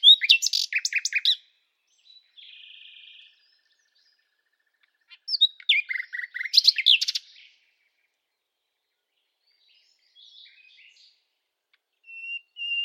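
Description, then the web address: Bird song in two bright bursts of quick high chirps and buzzy notes, separated by softer twitters and pauses, with a thin whistle near the end. "Deverinetal 2025 File origin Bird Only"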